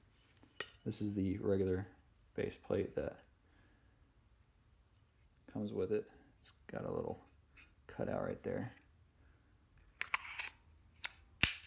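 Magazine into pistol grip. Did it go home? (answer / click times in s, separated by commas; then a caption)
yes / 11.4 s. Someone talks while handling a Sig P365 magazine fitted with its regular base plate, which has a little cutout, with a brief tick at 0.6 s and small clicks around 10.0–11.1 s. The magazine is pushed into the pistol grip and seats with a loud, sharp snap at 11.4 s, snapping in place easily.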